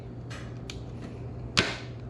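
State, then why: Seated. An LED filler light from a Custom Dynamics ProBeam tail light and Fillerz kit is pushed, bottom first, into the motorcycle's rear fender/bag trim housing. Faint scraping and a light tick near 0.7 s come first, then a sharp, loud snap at 1.6 s. The filler light is seated.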